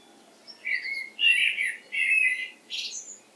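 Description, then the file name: Common blackbird giving four harsh, scratchy chattering bursts in quick succession, each about half a second long, with no other clear sounds. "Turdus merula"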